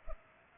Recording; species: mosquito wingbeat signal from an infrared sensor; Culex pipiens